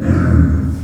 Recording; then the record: squeal of a Yucatan mini pig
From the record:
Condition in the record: after surgery on the right vocal fold (resection and tissue-engineered implant); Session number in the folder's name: 7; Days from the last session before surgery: 47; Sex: female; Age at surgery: 19 weeks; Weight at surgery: 25 kg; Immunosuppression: prednisolone